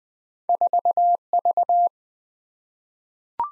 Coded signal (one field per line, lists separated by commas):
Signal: Morse code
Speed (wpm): 20 wpm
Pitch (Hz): 700 Hz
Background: none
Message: 4V